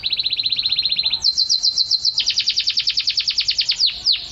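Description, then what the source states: Canary song of fast, even trills: a steady lower trill for about a second, then higher, brighter rapid trills, ending with a few sweeping notes. Kenari (canary) in 'gacor' singing form, described as a champion bird that won first place in a contest.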